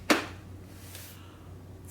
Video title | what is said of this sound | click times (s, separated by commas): Is the Necchi NC-102D Sewing Machine Worth It in 2025? | And this clicks right into place. | 0.1 s